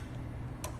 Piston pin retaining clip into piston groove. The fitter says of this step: I'm gonna push it in until we hear it snap once it feels like it's solidly in